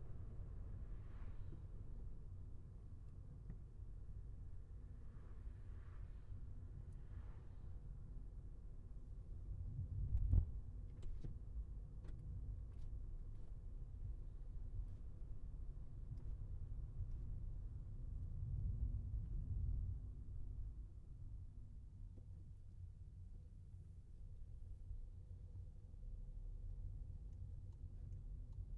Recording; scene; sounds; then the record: everyday scene through a hearing-aid microphone; in a vehicle; engine, traffic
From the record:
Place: Skoda Fabia, gasoline engine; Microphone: behind the ear, left, rear